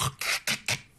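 An adult imitates a snore with a few short, breathy, rasping bursts, mimicking the sound made during sleep when the narrowed airway vibrates.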